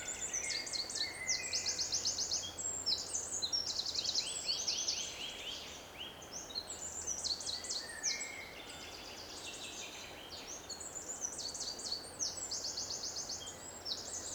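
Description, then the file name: Eurasian wren delivering long bursts of shrill, rapid trills and rattles, dense and overlapping, easing briefly mid-way before resuming, with a faint low hum beneath. "Troglodytes troglodytes"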